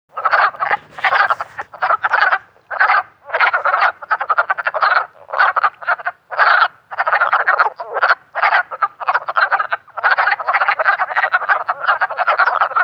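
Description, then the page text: Wood frog chorus of hoarse, cackling croaks in quick overlapping bursts, many callers blending into a nearly unbroken clucking din with brief gaps. Maryland. "Wood Frog by Kendrick Trepanier"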